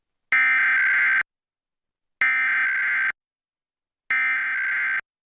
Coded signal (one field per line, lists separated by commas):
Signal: Emergency Alert System (SAME) tones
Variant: header bursts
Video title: Connecticut's Monthly Test on WHPX New London, Connecticut (5/14/2024) (EAS #117)